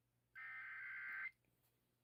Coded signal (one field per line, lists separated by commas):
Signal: Emergency Alert System (SAME) tones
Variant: header bursts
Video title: WHSQ REAWAKENS... EAS Tests from 11/6/24 (EAS #5,142 - 5,150)